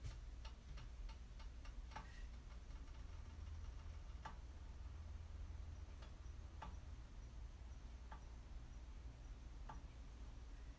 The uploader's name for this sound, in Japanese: お好み焼きを焼く